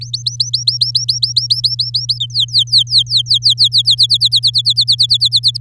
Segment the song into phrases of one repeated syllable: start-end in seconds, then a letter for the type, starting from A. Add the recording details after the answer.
0.01-2.18 A, 2.20-4.07 B, 4.09-5.57 C. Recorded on 9 May 2018 at 06:18. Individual llb16